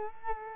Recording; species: mosquito wingbeat signal from an infrared sensor; Culex quinquefasciatus